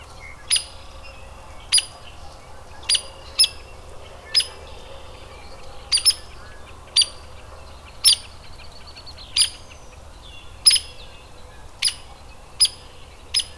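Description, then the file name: Hairy woodpecker giving a series of sharp, emphatic peek notes at fairly regular intervals, with faint twittering in the background. Adult bird. "Hairy WPAdult"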